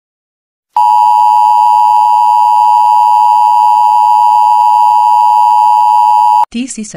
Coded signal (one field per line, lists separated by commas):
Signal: Emergency Alert System (SAME) tones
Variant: 853 and 960 Hz attention tone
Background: speech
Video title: EAS Scenario #44 The Ultimate Verneshot - ThePhoenixFire Remake